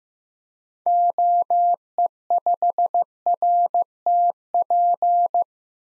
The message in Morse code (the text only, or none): OE5RTP